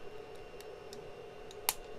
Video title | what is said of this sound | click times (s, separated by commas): How To Fully Build 3D Printed Hands | you hear it pop there | 1.7 s